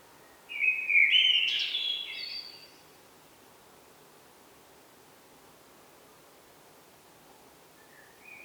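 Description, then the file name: Eurasian blackbird giving one short, rich warbled phrase of about two seconds, then a long quiet stretch, with a faint high note at the very end. "Turdus merula"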